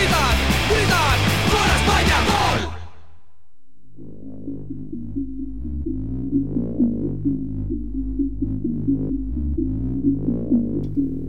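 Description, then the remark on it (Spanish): A football crowd celebrating a goal for Spain erupts in loud, roaring shouts of celebration for a couple of seconds, then cuts abruptly to a quieter, steady low droning with faint rhythmic pulses. “¡Gritan! ¡Gritan! ¡Gol! ¡Gol, gol! ¡Gol a España!”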